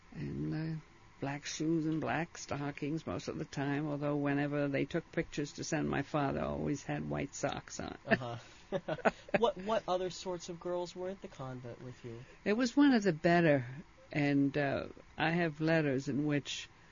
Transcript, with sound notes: and black shoes and black stockings most of the time, although whenever they took pictures to send my father I always had white socks on. ( they laugh )
What other sorts of girls were at the convent with you?
It was one of the better, and I have letters in which